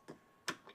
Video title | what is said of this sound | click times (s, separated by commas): How'd They Do It? 110 CFM EGO 56V 9-Gallon Wet Dry Vacuum [Shop Vac] | push it in locks into place you hear the loud snap we're good to go clip your hose into place | 0.5 s